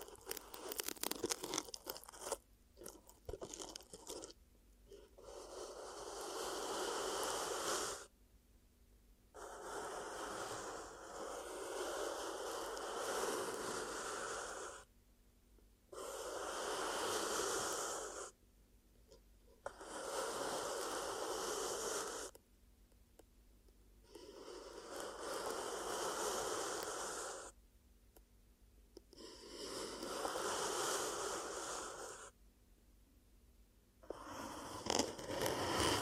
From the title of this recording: ASMR 10 Ear Cupping Triggers